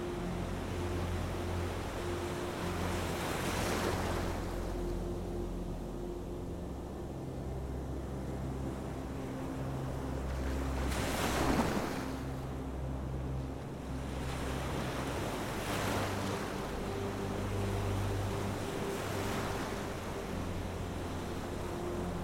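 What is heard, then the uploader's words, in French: Ocean waves wash in every few seconds, strongest around eleven seconds, over soft, sustained low musical tones that hold steady underneath. MUSIQUE Relaxante et Sons OCEANIQUES. La musique relaxante se mêle harmonieusement aux sons apaisants des vagues de l'océan.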